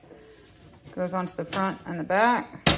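Someone talks while handling the steel left leg/side panel of a VEVOR Extra-Large Charcoal Barbecue Grill, fitting it onto the front and back frame pieces of the grill body. A brief sharp noise is heard near 2.7 seconds, but the panel has not yet snapped or seated into place.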